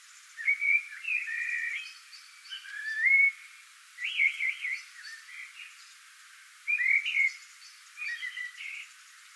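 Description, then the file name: Eurasian blackbird with repeated short, mellow whistled phrases, some slurred and quavering, spaced by brief pauses. "Turdus merula"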